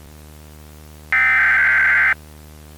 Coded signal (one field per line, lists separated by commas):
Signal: Emergency Alert System (SAME) tones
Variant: header bursts